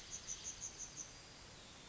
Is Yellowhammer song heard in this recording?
yes